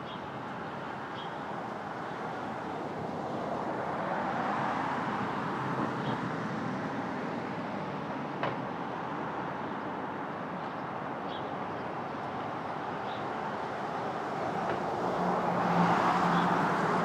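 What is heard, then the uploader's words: Street traffic in open air: a steady, dense wash of engine rumble that swells around five seconds and again near sixteen, with brief clicks. Brooklyn Dawn. Street Traffic, Open Air II.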